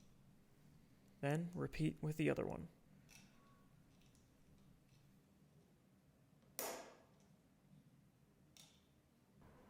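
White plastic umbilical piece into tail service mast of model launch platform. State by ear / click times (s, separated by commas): seated / 6.6 s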